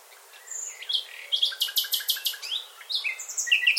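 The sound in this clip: Bird song: a dense, lively phrase of mixed whistles and sharp chirps with a quick pulsing series in the middle, continuing without pause.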